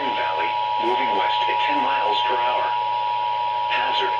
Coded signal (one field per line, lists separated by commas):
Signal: Emergency Alert System (SAME) tones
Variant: 853 and 960 Hz attention tone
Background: speech